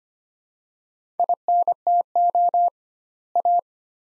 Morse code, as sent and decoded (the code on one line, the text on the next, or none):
.. -. - --- / .-
INTO A